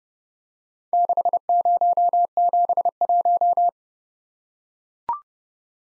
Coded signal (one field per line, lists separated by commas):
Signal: Morse code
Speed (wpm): 31 wpm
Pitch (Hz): 700 Hz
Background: none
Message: 6071